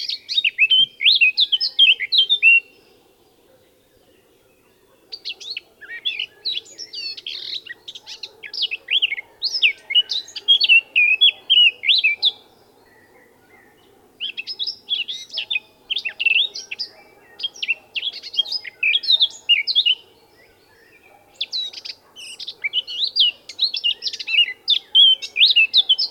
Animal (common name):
Eurasian Blackcap